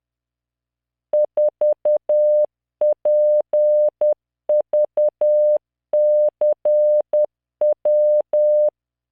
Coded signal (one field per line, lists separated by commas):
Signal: Morse code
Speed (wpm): 10 wpm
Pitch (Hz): 600 Hz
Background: none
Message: 4PVCW